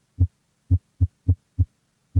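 An adult heartbeat: a series of low, dull thudding beats.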